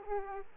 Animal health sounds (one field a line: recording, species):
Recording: mosquito wingbeat signal from an infrared sensor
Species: Aedes aegypti